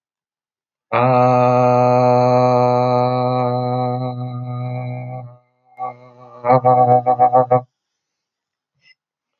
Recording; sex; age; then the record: vowel held as long as possible; male; 20 to 29 years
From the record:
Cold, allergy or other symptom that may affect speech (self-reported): no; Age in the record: 20 years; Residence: Florida, United States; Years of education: 15